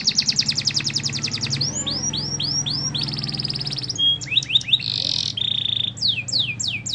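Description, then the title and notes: Canary singing rapid chirped trills, then swooping notes, a buzzy roll, short whistles and downward sweeps, with a low background hum. Master (masteran) canary song, described as solid (mantap). "Suara Burung Kenari Masteran. master suara burung kenari mantap"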